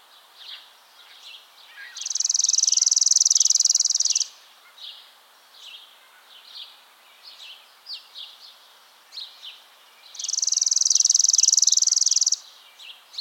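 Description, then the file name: Chipping sparrow singing two flat, rapid trills of dry chips, each about two seconds long and six seconds apart, over faint chirping of other birds. "Spizella passerina - Chipping Sparrow"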